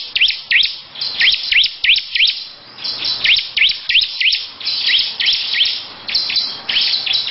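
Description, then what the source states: Lovebird song: quick string of high, upswept chirps, about three per second. Long "ngekek" song style, also labelled ciblek.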